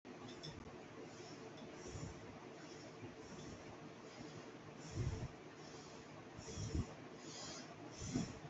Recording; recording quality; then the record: shallow breathing; excellent, no background noise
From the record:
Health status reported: exposed to COVID-19, no respiratory illness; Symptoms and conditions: none ticked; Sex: female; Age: 24 years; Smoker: not ticked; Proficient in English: yes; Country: India